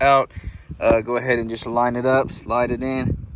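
Someone talks while a plastic dash storage cubby is lined up and slid into the center console dash opening below a newly installed 10.1-inch Android CarPlay radio in a 2006 Honda Accord, with its bottom clips popped out so it can slide in. Only speech and faint handling are heard, and nothing has seated or clicked yet.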